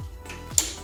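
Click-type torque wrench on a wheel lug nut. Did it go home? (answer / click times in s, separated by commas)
yes / 0.6 s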